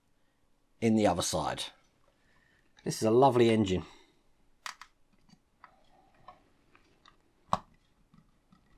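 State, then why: Seated. A part of a 1:8 scale Lamborghini Miura model engine is pressed into the other half of the engine assembly while someone talks, followed by soft handling clicks. It pops into place with a sharp click at 7.5 s and sits flush, leaving a fine line along the side.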